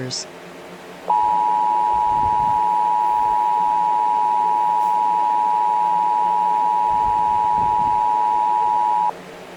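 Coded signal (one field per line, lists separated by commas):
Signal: Emergency Alert System (SAME) tones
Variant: 853 and 960 Hz attention tone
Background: speech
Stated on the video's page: Fictional EAS scenario, simulated alert.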